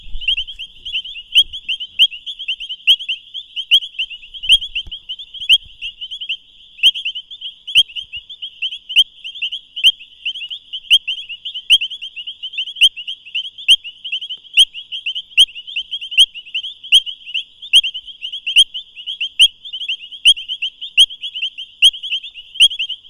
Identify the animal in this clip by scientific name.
Hyperolius marmoratus